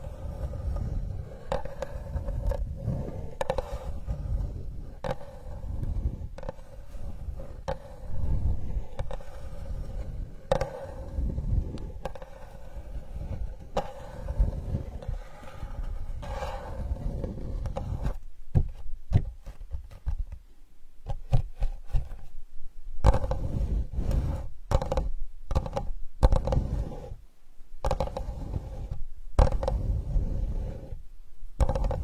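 Sandalwood being tapped in quick, uneven bursts, each strike a sharp click over a thick, low rumble and a steady mid-pitched hum. For the first half the sound is dense and continuous; after about eighteen seconds it breaks into short bursts separated by sudden silences.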